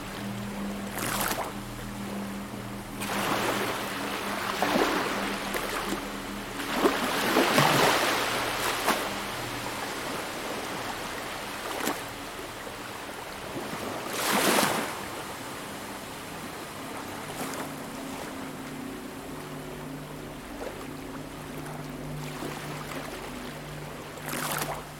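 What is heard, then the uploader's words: Beach sounds with a steady low rumble and a constant hum holding a few low tones throughout. Bursts of splashing wash rise and fall every few seconds, the strongest around 7–8 and 14–15 seconds, with sharp brief splashes scattered between. The Mysterious Sounds of the Beach.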